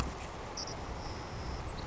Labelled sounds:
Savannah Sparrow
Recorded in Sonoma County, California

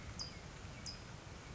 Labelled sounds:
California Towhee
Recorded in Sonoma County, California

